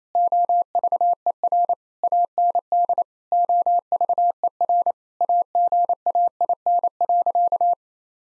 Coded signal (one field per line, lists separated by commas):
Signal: Morse code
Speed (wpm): 27 wpm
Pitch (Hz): 700 Hz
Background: none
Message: OVER AND OVER AGAIN.